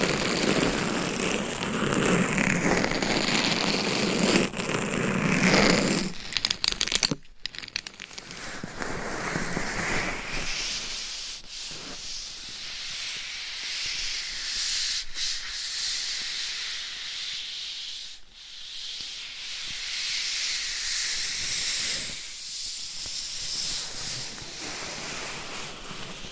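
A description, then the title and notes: Gloved hands scratch and rub a binaural mic in dense, rough strokes, loud for six seconds, then softer brushing with occasional sharp taps. ASMR Binaural Mic Scratching & Tapping with Different Gloves & Nails for 100% SLEEP - No Talking.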